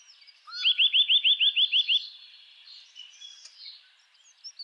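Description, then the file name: Eurasian nuthatch: a fast run of several clear rising notes over more than a second, followed by faint high twittering. "Sitta europaea"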